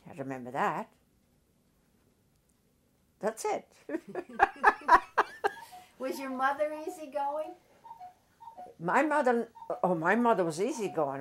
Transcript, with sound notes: I remember that. That's it. ( they laugh )
Was your mother easygoing?
My mother, oh, my mother was easygoing.